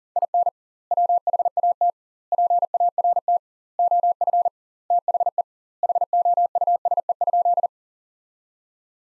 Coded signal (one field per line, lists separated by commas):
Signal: Morse code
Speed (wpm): 40 wpm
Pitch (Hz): 700 Hz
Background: none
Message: IN WHAT PART OF THE HOUSE?